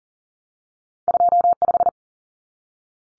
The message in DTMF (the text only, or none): none